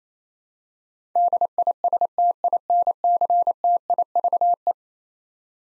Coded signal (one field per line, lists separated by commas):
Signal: Morse code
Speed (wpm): 27 wpm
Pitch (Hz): 700 Hz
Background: none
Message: DISTINCTIVE